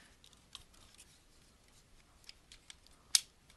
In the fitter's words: and then the leg just locks in into place